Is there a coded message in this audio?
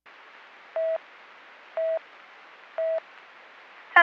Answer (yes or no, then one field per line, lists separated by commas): no